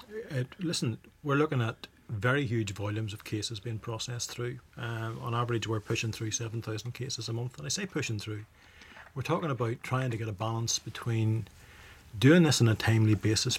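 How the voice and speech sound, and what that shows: One adult man speaks fluently at a steady, conversational pace in a low voice, with short pauses between phrases. Voice quality is clear and articulation is precise, with no blocks, repetitions or slurring. This is ordinary speech with no disorder heard.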